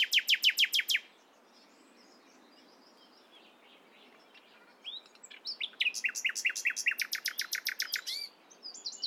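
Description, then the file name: Common nightingale song: a loud fast rattle of repeated notes, a quiet pause with soft twitters, then a long rapid series of sharp repeated notes. "Luscinia megarhynchos"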